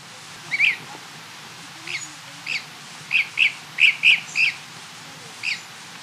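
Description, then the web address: Dusky-capped flycatcher giving several short, sharp whistled notes, bunched in the middle in quick pairs. Ecuador. "Birds of Ecuador. Dusky-capped Flycatcher"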